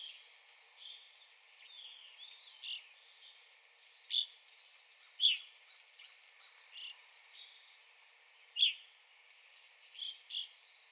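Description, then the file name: Evening grosbeak calls: loud, sharp chirps at uneven intervals, with softer chirps and thin high notes in between. Recorded 9 April 2021. "2021-04-09 Evening Grosbeak"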